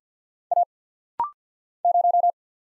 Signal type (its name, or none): Morse code